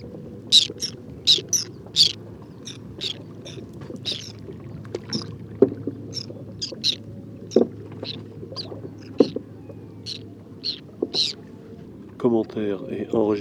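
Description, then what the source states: Whiskered tern contact calls, many harsh rasping notes in quick irregular succession, with a low steady hum and a brief clattering sound near the end. Wintering flock of over two to three hundred birds picking insects from the surface of a shallow lake covered with water lilies and lotus, Cambodia, 13 December 2018, 16:30; characteristic electric contact calls.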